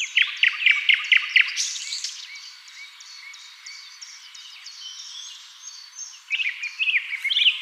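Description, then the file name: Common nightingale song starting with a rhythmic run of loud chirping notes, followed by softer sustained whistles and a final sudden burst of louder phrases. "Luscinia megarhynchos"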